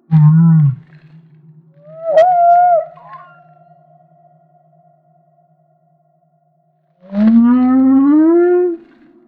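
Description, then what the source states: Humpback whale song: a short low groan, then a mid-pitched wavering cry with a lingering tail, then after a pause a long rising harmonic moan. Maui.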